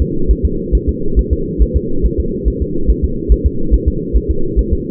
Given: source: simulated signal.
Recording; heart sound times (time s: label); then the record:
fetal heart sounds
0.02 s: S2
0.31 s: S1
0.45 s: S2
0.75 s: S1
0.89 s: S2
1.19 s: S1
1.33 s: S2
1.62 s: S1
1.77 s: S2
2.06 s: S1
2.20 s: S2
2.48 s: S1
2.62 s: S2
2.90 s: S1
3.04 s: S2
3.32 s: S1
3.46 s: S2
3.74 s: S1
3.88 s: S2
4.16 s: S1
4.31 s: S2
4.59 s: S1
4.73 s: S2
From the record:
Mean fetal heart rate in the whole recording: 140 bpm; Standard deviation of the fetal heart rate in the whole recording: 2 bpm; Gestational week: 34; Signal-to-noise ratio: -8.1 dB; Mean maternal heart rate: 72 bpm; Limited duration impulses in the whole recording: absent